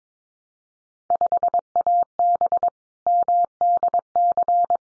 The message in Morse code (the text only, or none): 5AB MDC